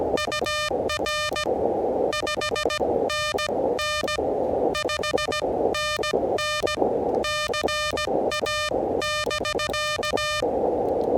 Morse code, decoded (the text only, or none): UR 5NN 5NN CA <BK>